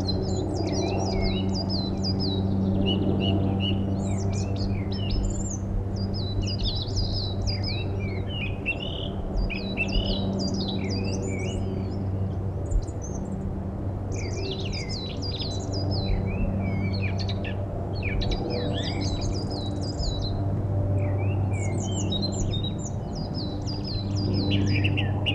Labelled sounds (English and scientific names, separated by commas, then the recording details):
Song Thrush (Turdus philomelos) song
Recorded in the wild
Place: Garmisch-Partenkirchen, Bayern, DE
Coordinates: 47.5053, 11.0797
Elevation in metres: 778
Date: 1980-03-28
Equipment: Uher 4000 Report, Sennheiser MKH 815 T
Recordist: Tretzel, Erwin